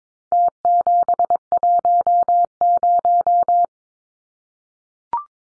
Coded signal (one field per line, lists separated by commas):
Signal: Morse code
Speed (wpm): 22 wpm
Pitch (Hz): 700 Hz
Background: none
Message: T710